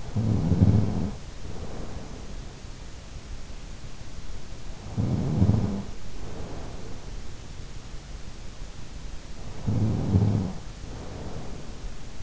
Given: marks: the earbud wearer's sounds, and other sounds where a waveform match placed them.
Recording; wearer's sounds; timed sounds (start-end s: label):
sounds in sleep by an in-ear microphone; snoring breath
0.00-2.46 s: snoring breath
4.80-7.40 s: snoring breath
9.45-12.23 s: snoring breath